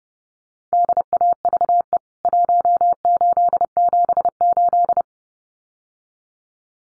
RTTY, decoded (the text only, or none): none